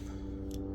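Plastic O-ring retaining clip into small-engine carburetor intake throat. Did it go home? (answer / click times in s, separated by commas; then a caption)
yes / 0.5 s. A small plastic retaining clip is pressed into the intake throat of a Briggs & Stratton E-Series carburetor, behind the O-ring, to hold the seal that joins the carburetor to the intake pipe. Over a steady low hum, a short, bright snap rings out at 0.5 s as the clip seats.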